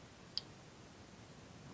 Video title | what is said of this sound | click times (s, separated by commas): HOW TO INSTALL GLOCK FIRING PIN SAFETY CUSTOM TITANIUM SPRING FIVE STAR ARMOR NRA ARMORER G26 | the plate over the plunger. You'll hear it click once it bottoms out. | 0.4 s